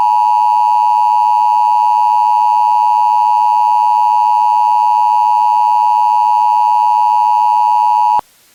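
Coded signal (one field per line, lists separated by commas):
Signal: Emergency Alert System (SAME) tones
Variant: 853 and 960 Hz attention tone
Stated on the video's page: Fictional simulation of nuclear attack alerts; the SAME header tones are stated to be invalid.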